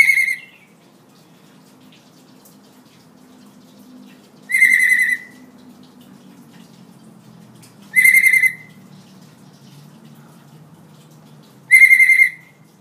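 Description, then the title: Hill myna repeating a loud, buzzy, harmonic-rich note four times, a few seconds apart, over a faint low hum. Tutor recording of an actively singing hill myna, meant for training other birds to copy. "Suara Burung Beo Gacor Cocok Untuk Masteran"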